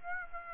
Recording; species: mosquito wingbeat signal from an infrared sensor; Aedes aegypti